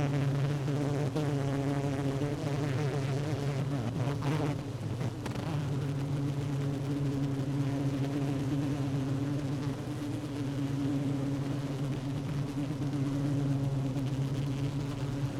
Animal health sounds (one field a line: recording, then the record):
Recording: honeybee colony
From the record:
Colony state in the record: active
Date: 12 June 2018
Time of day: 16:56